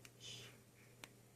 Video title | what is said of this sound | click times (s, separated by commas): Hook up Personal Audio Cable to Cochlear Implant | You hear that click? | 1.0 s